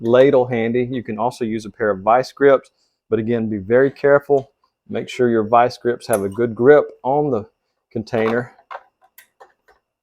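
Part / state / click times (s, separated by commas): locking pliers clamped onto a metal pouring container / seated / 9.2 s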